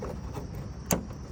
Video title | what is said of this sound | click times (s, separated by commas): THIS MOD TURNED MY SCAT PACK CHALLENGER 392 INTO A HELLCAT REDEYE.. | click that satisfying click is all you need right there | 0.9 s